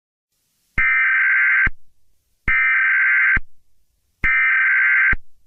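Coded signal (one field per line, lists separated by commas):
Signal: Emergency Alert System (SAME) tones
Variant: header bursts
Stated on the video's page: Fictional EAS scenario.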